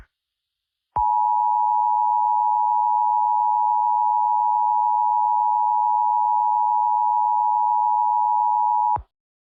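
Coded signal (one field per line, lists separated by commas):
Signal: Emergency Alert System (SAME) tones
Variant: 853 and 960 Hz attention tone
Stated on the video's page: Mock EAS for a Flash Flood Warning.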